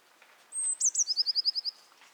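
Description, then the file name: Eurasian blue tit song: a thin high drawn-out note, two sharp higher notes, then a quick trill of several slightly lower ringing notes. "Cyanistes caeruleus"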